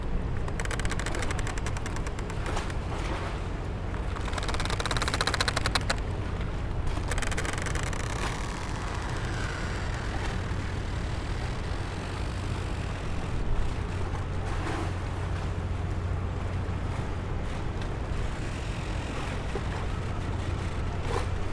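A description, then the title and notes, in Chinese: Seawater slaps against a harbor quay amid a steady low hum, with clustered creaks and knocks from moored boats straining on their ropes early on. 基隆海關西二碼頭旁。感受海風吹在身上,聽著海水打到岸邊的聲音,繩子固定船隻,風吹的船隻繃緊的聲音。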